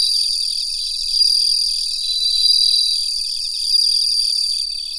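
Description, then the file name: Bell cricket song: ringing notes recurring every second or so above a constant shrill tone and a pulsing trill. Recorded together with Mitsukado cricket. "Suzumushi Mitsukado"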